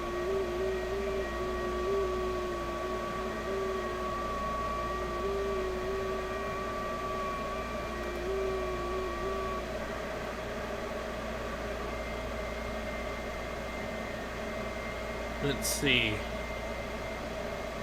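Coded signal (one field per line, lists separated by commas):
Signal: FT8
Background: speech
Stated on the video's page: Live 6 m FT8 amateur radio stream.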